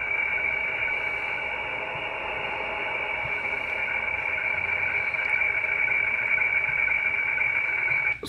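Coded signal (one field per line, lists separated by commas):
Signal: weather fax (radiofax)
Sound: steady high warbling tone with rhythmic lower ticks about twice a second, over static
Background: radio static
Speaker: but usually you'll have a good decode there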